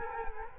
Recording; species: mosquito wingbeat signal from an infrared sensor; Culex quinquefasciatus